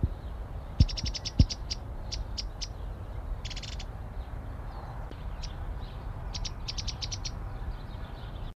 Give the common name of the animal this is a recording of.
Cetti's Warbler